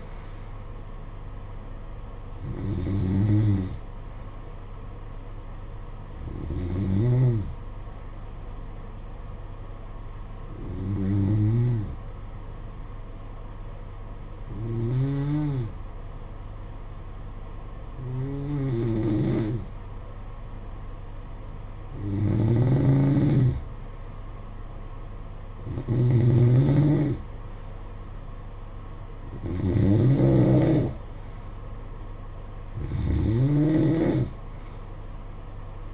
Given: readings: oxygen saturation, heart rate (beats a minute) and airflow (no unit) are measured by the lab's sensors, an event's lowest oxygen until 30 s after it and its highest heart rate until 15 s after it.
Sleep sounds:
breathing in sleep by a smartphone at the bedside; 1
7.00-27.20 s: hypopnea (N2, oxygen 94% highest, then 90% lowest, heart rate 51 at the start, 57 highest)
From the record:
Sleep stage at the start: N2 (light sleep); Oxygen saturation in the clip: 91 to 94%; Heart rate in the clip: 51 to 57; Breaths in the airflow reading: 9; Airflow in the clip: -10.6 to 5.7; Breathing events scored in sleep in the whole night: 476 in 9.7 hours asleep

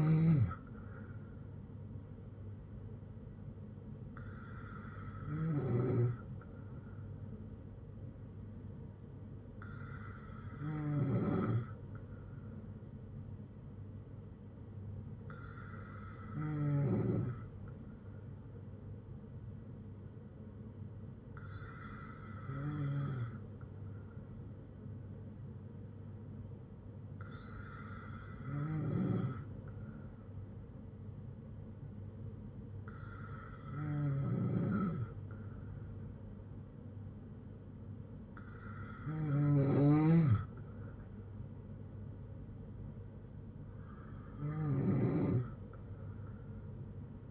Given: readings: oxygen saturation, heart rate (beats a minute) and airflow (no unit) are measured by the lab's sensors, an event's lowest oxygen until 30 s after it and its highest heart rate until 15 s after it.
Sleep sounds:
breathing in sleep by a smartphone at the bedside; none
none scored
From the record:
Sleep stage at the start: N2 (light sleep); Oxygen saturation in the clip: 94 to 95%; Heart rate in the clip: 56 to 75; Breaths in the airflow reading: 9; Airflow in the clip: -6.0 to 4.3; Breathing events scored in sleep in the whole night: 182 in 7.4 hours asleep

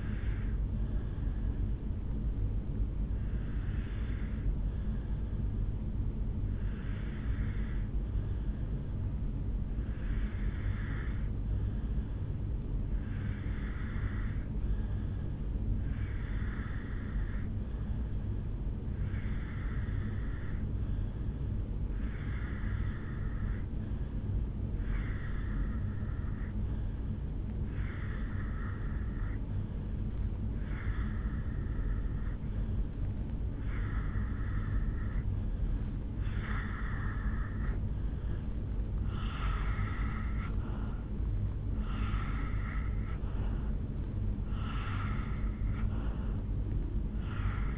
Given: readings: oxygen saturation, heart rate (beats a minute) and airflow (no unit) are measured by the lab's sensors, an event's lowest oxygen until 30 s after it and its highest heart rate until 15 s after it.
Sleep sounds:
breathing in sleep by a smartphone at the bedside; 1
4.00-37.80 s: obstructive apnea (N2, oxygen 96% highest, then 85% lowest, heart rate 53 at the start, 67 highest)
From the record:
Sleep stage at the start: N2 (light sleep); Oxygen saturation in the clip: 87 to 96%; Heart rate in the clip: 53 to 67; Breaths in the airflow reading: 5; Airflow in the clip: -4.3 to 2.1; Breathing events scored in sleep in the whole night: 449 in 7.0 hours asleep

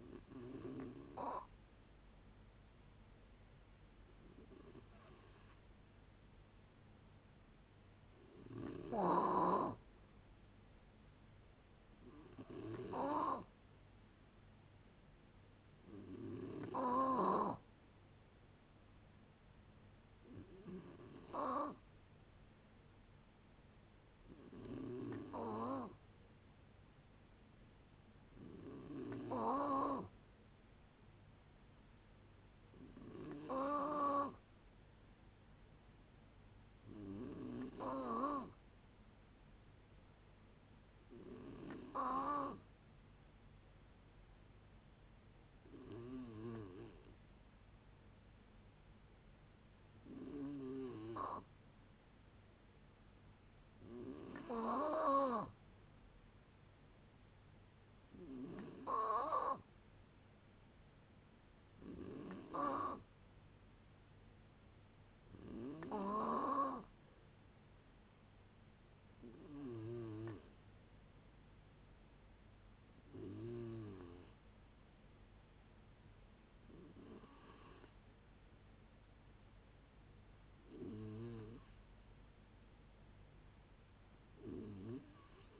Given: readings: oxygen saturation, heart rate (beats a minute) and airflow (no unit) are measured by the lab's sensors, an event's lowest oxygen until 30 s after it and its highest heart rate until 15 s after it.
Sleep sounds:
a person awake in a sleep study, by a voice recorder at the bedside; none
0.00-85.60 s: awake
0.00-85.60 s: awake
From the record:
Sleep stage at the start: awake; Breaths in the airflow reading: 27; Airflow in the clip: -0.7 to 0.7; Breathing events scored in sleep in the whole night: 496 in 5.4 hours asleep

